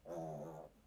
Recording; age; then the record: pig call; piglet (1 to 25 days)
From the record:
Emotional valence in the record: negative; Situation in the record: restrain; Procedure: back test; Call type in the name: low-frequency call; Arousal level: low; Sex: female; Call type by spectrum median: low-frequency call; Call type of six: low-frequency stable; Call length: 0.86 s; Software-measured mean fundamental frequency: 82 Hz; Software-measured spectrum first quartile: 264 Hz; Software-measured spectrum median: 504 Hz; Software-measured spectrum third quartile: 684 Hz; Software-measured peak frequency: 644 Hz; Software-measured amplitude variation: 113 dB a second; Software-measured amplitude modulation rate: 23.8 a second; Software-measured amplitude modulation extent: 4.7 dB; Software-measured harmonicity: 0.9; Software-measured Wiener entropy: 0.24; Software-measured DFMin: 1899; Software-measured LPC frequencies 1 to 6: 624, 3560, 6165, 8480, 9411, 10170 Hz